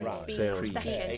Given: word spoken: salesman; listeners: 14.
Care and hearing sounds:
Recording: one English word in noise, from a listening test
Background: four-talker babble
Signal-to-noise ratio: 0.8 dB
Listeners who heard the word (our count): 0 of 14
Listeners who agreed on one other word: 6 of 14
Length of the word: 0.78 s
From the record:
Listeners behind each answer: 6, 2, 1, 1, 1, 1, 1, 1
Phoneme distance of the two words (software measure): 28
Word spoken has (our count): 2 syllables, 7 phonemes, stress on syllable 1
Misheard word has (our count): 1 syllable, 3 phonemes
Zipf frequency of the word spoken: 3.69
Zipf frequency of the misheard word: 4.89

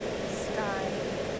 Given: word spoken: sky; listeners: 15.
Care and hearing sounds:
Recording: one English word in noise, from a listening test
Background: speech-shaped noise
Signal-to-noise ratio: -6.1 dB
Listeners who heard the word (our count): 2 of 15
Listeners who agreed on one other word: 8 of 15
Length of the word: 1.00 s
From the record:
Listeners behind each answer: 8, 2, 2, 1, 1, 1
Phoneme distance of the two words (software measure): 17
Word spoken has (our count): 1 syllable, 3 phonemes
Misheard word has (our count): 1 syllable, 4 phonemes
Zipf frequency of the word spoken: 4.79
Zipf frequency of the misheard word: 4.98

